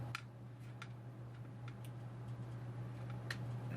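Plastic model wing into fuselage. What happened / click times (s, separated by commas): The plastic part snapped into place / 3.3 s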